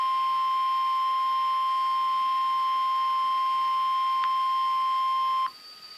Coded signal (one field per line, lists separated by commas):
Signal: Emergency Alert System (SAME) tones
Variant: 1050 Hz attention tone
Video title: NWR Severe Thunderstorm Warning (EAS #27)